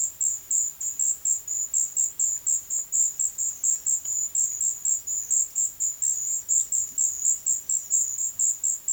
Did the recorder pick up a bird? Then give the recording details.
no. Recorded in secondary vegetation near Puerto Asís, Putumayo, Colombia, on 23 June 2025 at 12:30. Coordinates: 0.500, -76.326. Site GP08